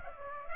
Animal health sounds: mosquito wingbeat signal from an infrared sensor; Aedes aegypti

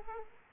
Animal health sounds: mosquito wingbeat signal from an infrared sensor; Aedes aegypti

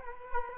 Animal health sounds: mosquito wingbeat signal from an infrared sensor; Culex quinquefasciatus

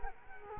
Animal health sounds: mosquito wingbeat signal from an infrared sensor; Culex quinquefasciatus

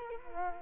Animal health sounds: mosquito wingbeat signal from an infrared sensor; Culex quinquefasciatus

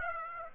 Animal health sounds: mosquito wingbeat signal from an infrared sensor; Aedes aegypti

